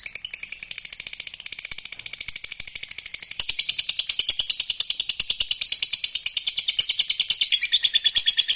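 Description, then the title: Lovebird in a long, unbroken shrill trill of fast pulsed notes, growing a little louder midway and continuing to the end. Fighter lovebird giving a long ngekek trill. "Begitu Dengar Suara Lovebird FIGHTER NGEKEK PANJANG"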